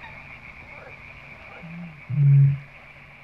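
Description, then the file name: Eurasian bittern giving a single deep, low booming note lasting under half a second, preceded by a fainter low grunt, over steady background hiss. "tarabuso"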